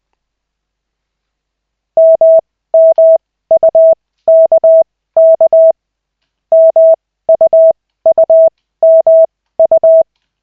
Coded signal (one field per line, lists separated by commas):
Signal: Morse code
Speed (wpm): 20 wpm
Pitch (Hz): 650 Hz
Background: none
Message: MMUKK MUUMU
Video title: Koch 2/40, 13.12.2024, 4th CW practice session